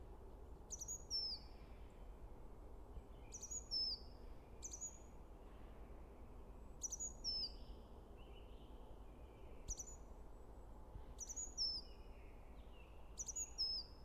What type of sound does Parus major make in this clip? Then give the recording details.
song. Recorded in the wild. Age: adult. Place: Bernau bei Berlin, Barnim, Brandenburg, DE. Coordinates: 52.6958, 13.5256. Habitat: coniferous forest. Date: 2008-03-21. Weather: clear, -2°C, no wind. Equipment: Zoom H2. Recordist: Frommolt, Karl-Heinz